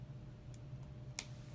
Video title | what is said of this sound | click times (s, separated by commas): UGears Mechanical Model Roadster Assembly Instructions Video | bottom till it snaps | 1.2 s